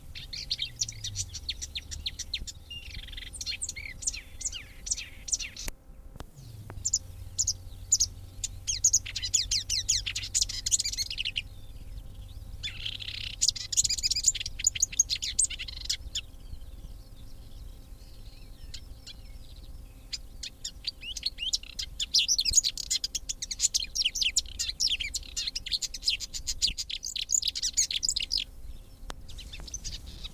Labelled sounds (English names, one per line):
Marsh Warbler